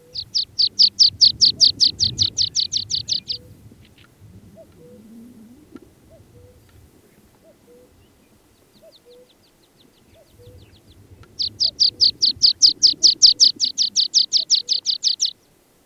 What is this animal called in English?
Water Pipit